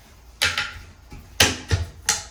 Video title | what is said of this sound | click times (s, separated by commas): How To Install SnapStone Plank Tile (Complete Job) | Okay, we're clicked in place. | 2.1 s